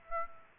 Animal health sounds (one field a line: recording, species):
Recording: mosquito wingbeat signal from an infrared sensor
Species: Aedes aegypti